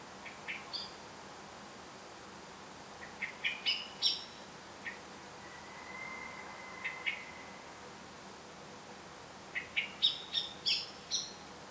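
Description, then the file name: Eurasian blackbird calls: sharp, high clicking notes in quick bursts, with a thin steady whistle in the middle and another burst near the end. "Turdus merula"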